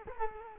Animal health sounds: mosquito wingbeat signal from an infrared sensor; Culex quinquefasciatus

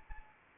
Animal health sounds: mosquito wingbeat signal from an infrared sensor; Anopheles arabiensis

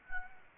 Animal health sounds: mosquito wingbeat signal from an infrared sensor; Anopheles gambiae

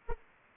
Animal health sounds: mosquito wingbeat signal from an infrared sensor; Anopheles arabiensis

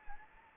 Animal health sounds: mosquito wingbeat signal from an infrared sensor; Anopheles arabiensis

